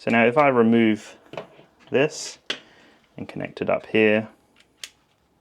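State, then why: Seated. Someone talks while removing a plastic Nintendo Switch 2 controller and connecting it to a strap/grip attachment. It clicks into place at 4.8 s, heard as a short, sharp click that stands out above the quiet after the speech.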